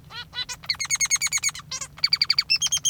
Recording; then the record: song of a male Bengalese finch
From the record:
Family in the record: father 3